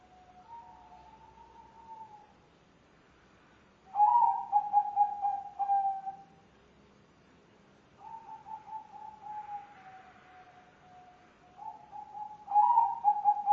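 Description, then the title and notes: Spotted dove cooing: mellow, even-pitched tonal phrases a few seconds long, softly pulsing, alternating louder and quieter with short pauses between them. Spotted dove call used as a lure for trapping. "Pikat Burung Tekukur Paling Ampuh. Kumpulan suara burung tekukur paling ampuh"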